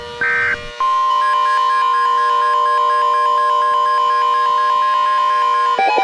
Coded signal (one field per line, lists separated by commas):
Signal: Emergency Alert System (SAME) tones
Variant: 1050 Hz attention tone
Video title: EAS Scenarios Midwestern Chaos ENHANCED (Part 2)